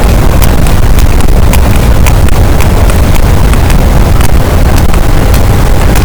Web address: Physeter Macrocephalus boat SNR 12 d B cachalot positif